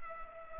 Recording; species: mosquito wingbeat signal from an infrared sensor; Culex pipiens